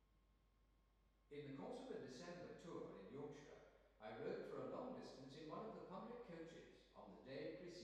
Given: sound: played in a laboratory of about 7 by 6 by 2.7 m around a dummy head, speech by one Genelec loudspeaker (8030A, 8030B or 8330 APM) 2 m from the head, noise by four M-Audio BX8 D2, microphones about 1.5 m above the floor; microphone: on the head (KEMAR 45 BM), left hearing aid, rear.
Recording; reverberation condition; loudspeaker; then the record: male speech in English; high; 90 degrees to the right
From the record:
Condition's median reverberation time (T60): about 1300 ms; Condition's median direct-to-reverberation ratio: about -4.0 dB